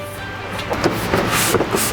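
A steel siding outside corner cap is pressed with slight tension onto the installed outside corner trim base. A steady background hum with faint tones runs throughout, and from about 0.7 s short scraping and rubbing bursts of handling come and go. Nothing has seated or clicked yet, and the clip ends just before the cap snaps home.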